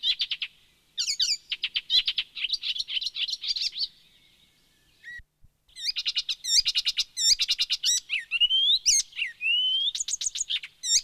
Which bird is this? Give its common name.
Icterine Warbler